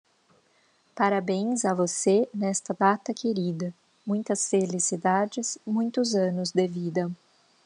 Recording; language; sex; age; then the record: short text; Brazilian Portuguese; female; 30 to 39 years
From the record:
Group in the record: control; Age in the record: 36 years